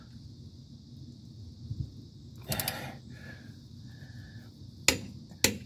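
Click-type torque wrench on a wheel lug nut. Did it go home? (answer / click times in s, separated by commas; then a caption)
yes / 4.9 s, 5.4 s. A click-type torque wrench tightens a lug nut on a car wheel over a steady background hum and low rumble, with a brief broadband burst near 2.6 s. Sharp clicks at 4.9 s and 5.5 s show the wrench reaching its set torque.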